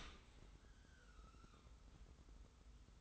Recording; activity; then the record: daily activity, microphone in the room; open dishwasher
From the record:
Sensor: 3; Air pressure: 991.3 hPa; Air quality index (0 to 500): 138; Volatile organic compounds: 264 ppm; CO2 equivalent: 4396 ppm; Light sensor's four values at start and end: 53/144/59/52 and 53/144/59/52